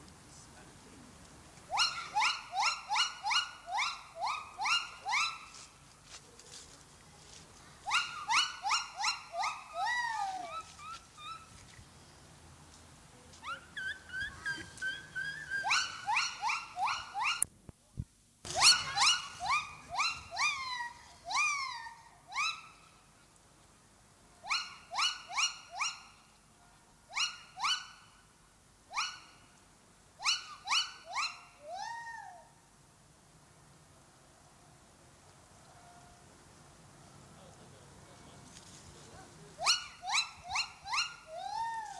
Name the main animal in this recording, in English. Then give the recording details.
Silvery Javan Gibbon. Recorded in captivity. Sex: male. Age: adult. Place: Münchner Tierpark Hellabrunn, Bayern, DE. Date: 2003-12-06 12:05. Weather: Regen, ca. 2°C. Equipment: Fair Mate ST-1328 (Asahi Electronics, Japan), Sennheiser ME 80, Kopie Uher 4000 Report Monitor. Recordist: Tembrock, Günter